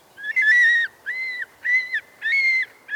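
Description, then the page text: Golden Eagle calls as four longer, clear whistled notes in a steady sequence, each held briefly and dropping at the end, with the start of another. "Golden Eagle: From Aztec Legend to the Steppes of Kazakhstan (Bird Note. Chirp Nature Center"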